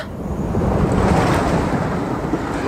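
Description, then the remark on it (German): A train rushes past the window of another train with a loud, steady roar and deep rumble, a continuous wash of noise that holds for about three seconds without easing. No voices are heard. “Da saust eben ein Zug am Fenster vorbei.”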